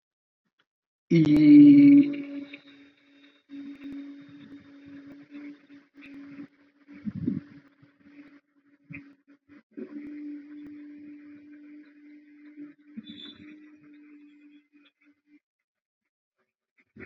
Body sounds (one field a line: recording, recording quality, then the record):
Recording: sustained vowel as in beet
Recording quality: excellent, no background noise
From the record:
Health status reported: healthy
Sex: female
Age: 30 years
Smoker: no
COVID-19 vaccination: both doses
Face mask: not worn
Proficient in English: yes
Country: India